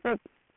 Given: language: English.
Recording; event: throat vibration sensor signal played as sound; speech